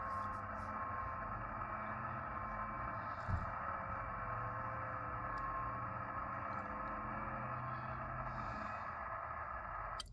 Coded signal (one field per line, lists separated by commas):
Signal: FT8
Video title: Portable ham radio setup mess. if it can go wrong....December 17, 2023